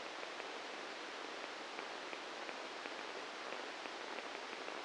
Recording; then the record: brain microelectrode recording played as sound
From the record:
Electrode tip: inside the subthalamic nucleus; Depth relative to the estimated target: 1 mm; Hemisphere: right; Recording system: NeuroSet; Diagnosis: Parkinson's disease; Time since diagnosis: 7 years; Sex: male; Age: 44 years